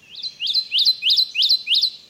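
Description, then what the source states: Kentucky Warbler song, a clear ringing two-part phrase rising then holding steady, repeated six times in quick succession, about three per second, with no other sounds. Ringing song described as 'redeep'; an uber-skulky species that is hard to find.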